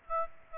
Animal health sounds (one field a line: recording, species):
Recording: mosquito wingbeat signal from an infrared sensor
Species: Aedes aegypti